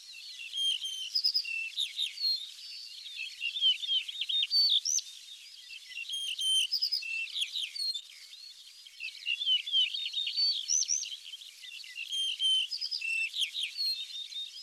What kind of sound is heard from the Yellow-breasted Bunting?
song